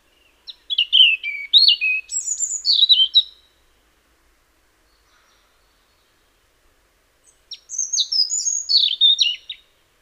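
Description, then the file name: European robin song: two high, tumbling warbled phrases of thin whistles and twittering trills, separated by a silence of about four seconds. "Erithacus rubecula"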